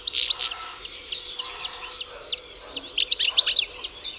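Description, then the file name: European goldfinch song, opening with a loud twittering burst, then scattered sharp chips before a dense, tinkling twitter returns near the end. "Carduelis carduelis"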